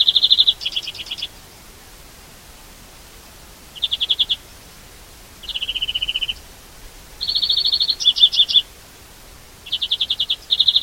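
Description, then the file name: European greenfinch singing in short rapid trills, some level and some dipping, in bursts every few seconds against a quiet background. "Chloris chloris"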